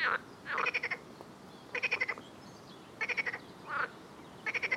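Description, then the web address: Frog calls: short rattling bursts of rapid pulses about every second, with a few smooth swooping croaks between them. "Soundscape Frog 1"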